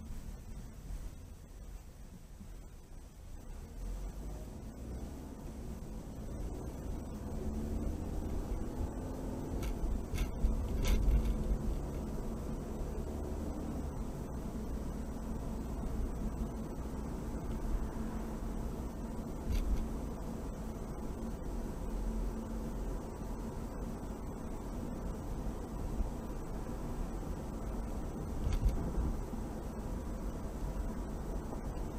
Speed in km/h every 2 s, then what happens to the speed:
11, 6, 15, 24, 34, 39, 47, 50, 52, 50, 50, 53, 55, 56, 58, 58.
3-14 speeds up to 50. 14-32 steady at about 53.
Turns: none.